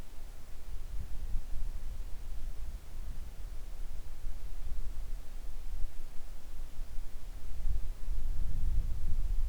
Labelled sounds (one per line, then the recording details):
wind
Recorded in the Arctic National Wildlife Refuge, Alaska, on 3 August 2019 at 10:43
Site 41